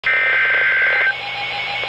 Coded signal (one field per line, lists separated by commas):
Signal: Emergency Alert System (SAME) tones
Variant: header bursts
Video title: Severe Thunderstorm Warning (EAS #1,008) 7/7/17